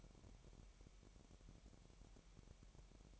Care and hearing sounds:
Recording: daily activity, microphone in the room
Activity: place on stove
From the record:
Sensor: 1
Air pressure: 1012.1 hPa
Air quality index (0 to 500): 225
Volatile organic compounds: 5 ppm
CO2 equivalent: 1800 ppm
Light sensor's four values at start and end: 65/154/66/69 and 65/154/66/69

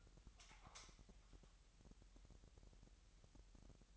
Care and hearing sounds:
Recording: daily activity, microphone in the room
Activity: light on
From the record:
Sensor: 3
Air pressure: 1001.9 hPa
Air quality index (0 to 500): 247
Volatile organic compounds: 49 ppm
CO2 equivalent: 3276 ppm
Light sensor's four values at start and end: 6/13/5/5 and 13/35/15/13

